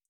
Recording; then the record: hydrophone in a shrimp aquaculture tank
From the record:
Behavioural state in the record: feeding